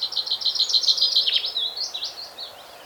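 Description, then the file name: Common Chaffinch song: a fast series of repeated high notes, closing with a brief flourish of twisting notes that fades. "Fringilla coelebs"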